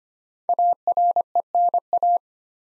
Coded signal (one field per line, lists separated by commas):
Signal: Morse code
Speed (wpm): 25 wpm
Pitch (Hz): 700 Hz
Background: none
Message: ARENA